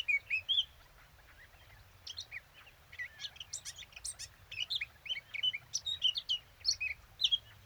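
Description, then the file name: Eurasian blackcap song, a scattered series of clear whistled notes and short scratchy chips with brief pauses, then a denser warbling stretch near the end. "Sylvia atricapilla"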